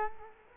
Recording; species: mosquito wingbeat signal from an infrared sensor; Culex quinquefasciatus